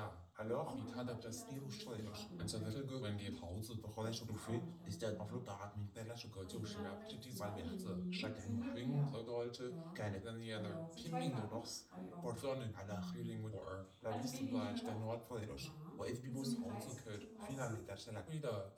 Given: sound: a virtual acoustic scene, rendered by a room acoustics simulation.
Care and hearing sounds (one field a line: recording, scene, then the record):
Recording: noise of the scene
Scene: living room, asymmetric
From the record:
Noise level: 67 dB SPL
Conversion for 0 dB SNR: 5.4 dB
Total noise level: 72.4 dB SPL